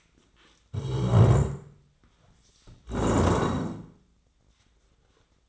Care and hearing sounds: daily activity, microphone in the room; stand up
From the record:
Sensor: 3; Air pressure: 1012.2 hPa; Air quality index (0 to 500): 172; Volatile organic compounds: 3 ppm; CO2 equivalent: 1318 ppm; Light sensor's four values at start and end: 78/178/86/92 and 85/189/94/101

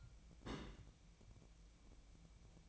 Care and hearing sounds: daily activity, microphone in the room; place on stove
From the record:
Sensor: 1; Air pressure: 1000.0 hPa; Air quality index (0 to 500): 134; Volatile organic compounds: 2 ppm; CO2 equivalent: 1271 ppm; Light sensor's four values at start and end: 36/91/38/47 and 36/91/38/47

